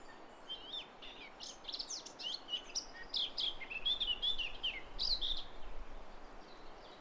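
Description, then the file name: Eurasian blackcap: a rambling warble of squeaky and fluting notes in rapid bursts, with a low rumbling noise underneath in the second half. "Sylvia atricapilla"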